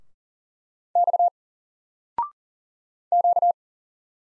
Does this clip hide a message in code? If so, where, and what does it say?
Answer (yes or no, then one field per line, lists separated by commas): yes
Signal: Morse code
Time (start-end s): 1.0-3.5 s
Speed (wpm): 40 wpm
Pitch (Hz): 700 Hz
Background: none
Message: X Q